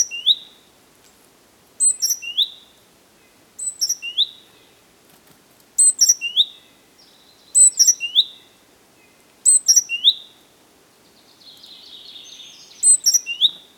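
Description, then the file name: Great tit calls: several short clusters of sharp, high chirping notes, with a soft buzzy churr near the end. "Parus major"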